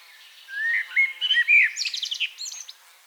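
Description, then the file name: Common blackbird song phrase, a soft rising flute-like whistle that turns into a fast run of high, squeaky twitters. "Turdus merula"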